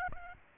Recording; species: mosquito wingbeat signal from an infrared sensor; Aedes albopictus